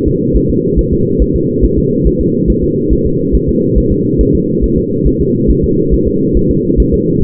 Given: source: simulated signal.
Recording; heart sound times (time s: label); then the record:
fetal heart sounds
0.08 s: S2
0.37 s: S1
0.50 s: S2
0.79 s: S1
0.93 s: S2
1.22 s: S1
1.36 s: S2
1.65 s: S1
1.79 s: S2
2.07 s: S1
2.21 s: S2
2.50 s: S1
2.64 s: S2
2.93 s: S1
3.07 s: S2
3.35 s: S1
3.49 s: S2
3.78 s: S1
3.92 s: S2
4.21 s: S1
4.35 s: S2
4.64 s: S1
4.78 s: S2
5.07 s: S1
5.21 s: S2
5.51 s: S1
5.64 s: S2
5.94 s: S1
6.08 s: S2
6.37 s: S1
6.51 s: S2
6.80 s: S1
6.94 s: S2
7.23 s: S1
From the record:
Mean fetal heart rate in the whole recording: 140 bpm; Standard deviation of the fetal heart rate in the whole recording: 2 bpm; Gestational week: 34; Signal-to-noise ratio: -11.2 dB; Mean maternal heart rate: 72 bpm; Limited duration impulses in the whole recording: present